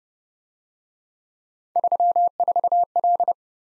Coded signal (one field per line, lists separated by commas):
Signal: Morse code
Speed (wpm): 30 wpm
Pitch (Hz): 700 Hz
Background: none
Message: 34L